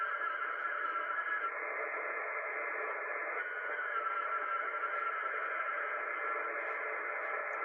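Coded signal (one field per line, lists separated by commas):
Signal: HF data modem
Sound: continuous wide hissing data roar filling the voice band, steady throughout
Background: radio static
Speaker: can see it just connected here now listen to the radio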